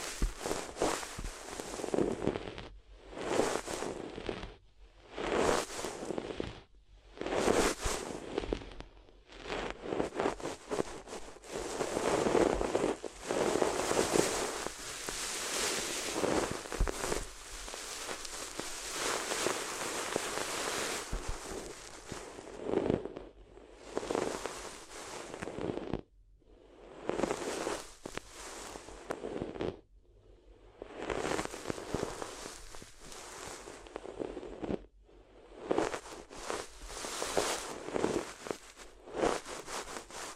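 Paper crinkles and rustles in crackly bursts separated by brief pauses, growing dense and nearly continuous in the middle before breaking up again.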